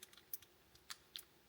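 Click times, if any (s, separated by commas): 1.2 s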